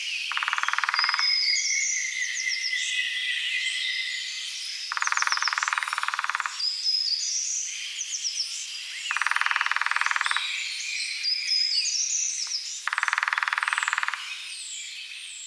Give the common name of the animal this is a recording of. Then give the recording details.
Lesser Spotted Woodpecker. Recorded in the wild. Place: Oberrotweil am Kaiserstuhl, Baden-Württemberg, DE. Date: 1983-04-16. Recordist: Schwarz, Dieter. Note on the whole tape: Drumming